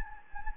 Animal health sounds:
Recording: mosquito wingbeat signal from an infrared sensor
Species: Anopheles gambiae

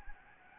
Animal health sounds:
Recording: mosquito wingbeat signal from an infrared sensor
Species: Anopheles gambiae

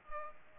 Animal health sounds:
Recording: mosquito wingbeat signal from an infrared sensor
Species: Culex pipiens

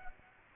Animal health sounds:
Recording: mosquito wingbeat signal from an infrared sensor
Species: Aedes aegypti

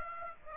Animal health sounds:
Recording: mosquito wingbeat signal from an infrared sensor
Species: Aedes aegypti

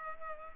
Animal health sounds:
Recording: mosquito wingbeat signal from an infrared sensor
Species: Culex pipiens

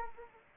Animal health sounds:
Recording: mosquito wingbeat signal from an infrared sensor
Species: Anopheles arabiensis

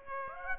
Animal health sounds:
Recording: mosquito wingbeat signal from an infrared sensor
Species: Aedes aegypti

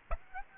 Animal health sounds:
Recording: mosquito wingbeat signal from an infrared sensor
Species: Aedes aegypti

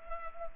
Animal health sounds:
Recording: mosquito wingbeat signal from an infrared sensor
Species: Culex pipiens

